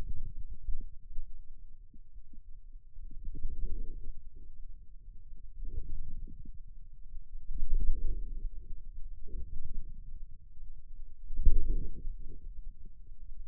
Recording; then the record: forearm muscle sounds (acoustic myography)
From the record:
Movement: inward rotation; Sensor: system 2, bracelet of six BSWA MPA416 microphones around the upper forearm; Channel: 6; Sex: male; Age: 22 years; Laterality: right